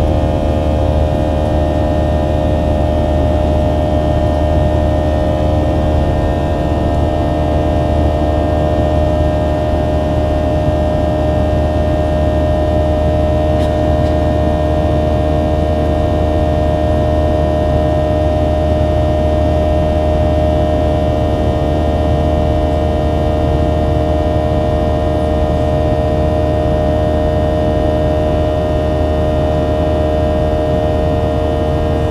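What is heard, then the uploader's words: Engines hum steadily for the whole stretch, a deep, dense drone with several fixed tones stacked above it that never change pitch. The level stays constant throughout, with a faint brief tick near the fourteen-second mark and nothing else breaking the sound. Burbank to San Francisco the Skyward Journey. The hum of the engines.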